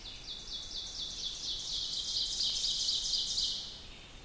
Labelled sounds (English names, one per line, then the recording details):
Ovenbird song
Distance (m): 40 m
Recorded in boreal forest in Alberta, Canada, on 2 June 2016 at 06:04
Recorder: SongMeter 3, array SBT-3-7
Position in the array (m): 50 m, 144 m
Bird 4